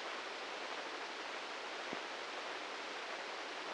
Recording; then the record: brain microelectrode recording played as sound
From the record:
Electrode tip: inside the subthalamic nucleus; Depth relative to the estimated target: 0 mm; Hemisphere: left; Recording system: NeuroSet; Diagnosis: Parkinson's disease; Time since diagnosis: 15 years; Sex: male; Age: 65 years